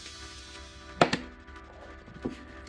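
A plastic Givi S250 toolbox case for a KTM 390 Adventure motorcycle is set onto its Givi universal toolbox monokey rack mount plate and pressed down until the monokey latch catches. Two sharp clicks are heard at 1.0 s and 1.1 s, followed by a softer knock near 2.3 s. The case is latched in and seated on the rack plate.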